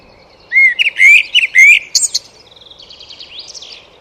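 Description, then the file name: Eurasian blackbird song: a few rich, looping whistled notes followed by a thin, scratchy twittering tail. "Turdus merula"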